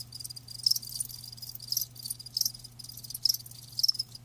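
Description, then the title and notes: Crickets chirping, soft high pulses with a few brighter chirps standing out, over a quiet background hum. Live crickets chirping with a lulling song. "Live Crickets Chirping. RainManCJ"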